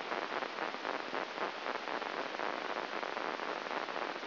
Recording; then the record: brain microelectrode recording played as sound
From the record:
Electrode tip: inside the subthalamic nucleus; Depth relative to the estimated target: 2 mm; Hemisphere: right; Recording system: AlphaMap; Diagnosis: Parkinson's disease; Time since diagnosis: 12 years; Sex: male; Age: 57 years